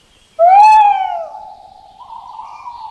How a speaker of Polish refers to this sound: Obok wiejskiego domu Agnieszki na drzewie w okresie lęgowym mieszka rodzina szarych puszczyków, które pięknie i magicznie pohukują w nocy. Słyszycie?